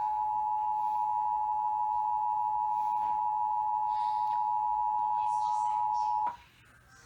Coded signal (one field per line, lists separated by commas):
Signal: Emergency Alert System (SAME) tones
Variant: 853 and 960 Hz attention tone